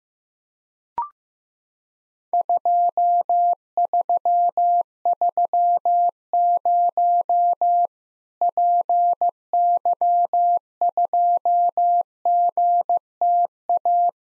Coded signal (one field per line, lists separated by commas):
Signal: Morse code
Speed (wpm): 15 wpm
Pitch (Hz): 700 Hz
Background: none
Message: 2330 PY2GTA